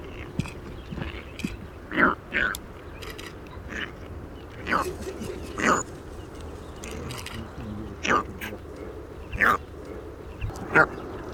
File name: Lesnoj ibis Geronticus eremita (Dydki net)